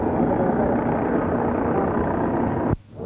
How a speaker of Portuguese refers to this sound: A ver se podedes escoitar o helicóptero que o temos en riba de nós controlando toda a movida.